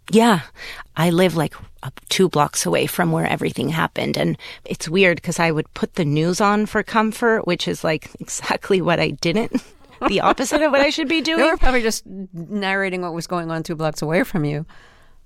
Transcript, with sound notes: I live, like, two blocks away from where everything happened, and it's weird 'cause I would put the news on for comfort, which is, like, exactly what I didn't...
(Laughter).
...The opposite of what I should be doing.
They were probably just narrating what was going on two blocks away from you.